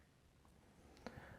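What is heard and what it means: A small plastic health-tracker clip is pressed onto the base of a board game monster miniature in a quiet setting. A faint tick at 1.0 s precedes a sharp snap at 1.1 s, followed by a few softer taps. The clip seats snugly and holds.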